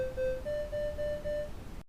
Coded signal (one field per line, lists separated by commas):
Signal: none